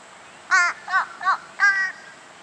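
Fish crow giving four short nasal caws within about a second and a half, the last one longer and drawn out, over a faint steady hiss.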